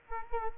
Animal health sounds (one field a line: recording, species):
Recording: mosquito wingbeat signal from an infrared sensor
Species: Culex quinquefasciatus